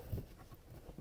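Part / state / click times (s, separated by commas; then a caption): plastic air vent cover into rear seat vent opening / not seated / none. A plastic protective cover for the rear-seat air vent of a Tesla Model Y is handled against the car's vent opening, producing soft, low rubbing and muffled bumps. Nothing has seated or clicked yet; the clip ends just before the cover goes home.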